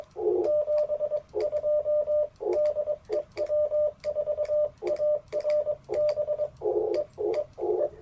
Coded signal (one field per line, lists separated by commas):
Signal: Morse code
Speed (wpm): 23 wpm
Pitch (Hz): 590 Hz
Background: none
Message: 72 DE W4ARB E E E